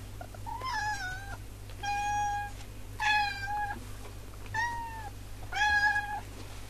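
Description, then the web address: Cat meowing: five drawn-out, slightly falling meows over a steady low hum. "takarabako sound no 5 cat"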